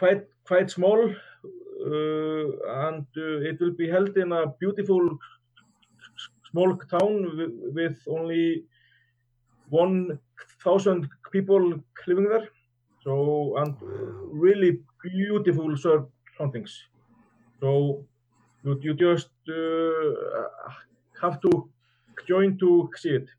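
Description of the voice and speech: Adult man who stutters, speaking with word repetitions, a stretched sound, long pauses and blocked word starts, fitting stuttering.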